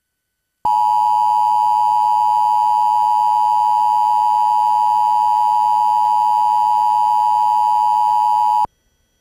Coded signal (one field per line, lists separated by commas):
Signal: Emergency Alert System (SAME) tones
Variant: 853 and 960 Hz attention tone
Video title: Double EAS Monthly Test – Harrisburg, PA (4/11/2007)